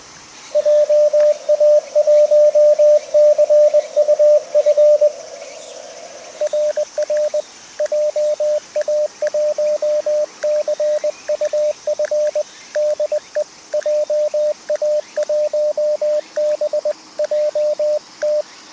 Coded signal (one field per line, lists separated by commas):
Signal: Morse code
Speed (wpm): 20 wpm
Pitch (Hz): 600 Hz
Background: radio noise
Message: JA1CUF RR JA1CUF DE JA1BJT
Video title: （再）開局３周年記念 いまだにCW初心者 CQ POTA 20/18WPM HAMRS ログ取り POTA JP-1306 東高根森林公園 2024/09/10 アマチュア無線 VLOG 530